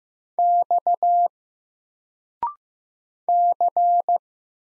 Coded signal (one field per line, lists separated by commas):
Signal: Morse code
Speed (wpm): 15 wpm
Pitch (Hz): 700 Hz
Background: none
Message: X C